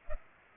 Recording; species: mosquito wingbeat signal from an infrared sensor; Culex pipiens